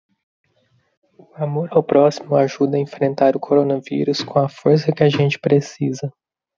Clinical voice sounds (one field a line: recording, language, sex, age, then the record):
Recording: spoken sentence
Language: Brazilian Portuguese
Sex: female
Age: 20 to 29 years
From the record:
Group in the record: control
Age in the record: 29 years